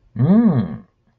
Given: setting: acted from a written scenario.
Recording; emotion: vocal sound without words; interest